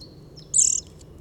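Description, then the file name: Eurasian nuthatch call: a single short, sharp, high burst with a buzzy, rapidly pulsed texture, lasting about a quarter second over faint low background noise. "Sitta europaea"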